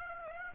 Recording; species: mosquito wingbeat signal from an infrared sensor; Aedes aegypti